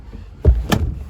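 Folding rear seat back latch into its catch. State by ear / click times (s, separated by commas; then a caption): seated / 0.7 s. On an MG HS 1.5 T-GDI Excite Euro 6 (s/s), the folded rear seat back is pushed down into its catch, giving a low thud at about 0.5 s. A sharp, bright click follows at 0.7 s as the latch seats and locks the seat back flat, so it won't keep bouncing up when getting into the rear.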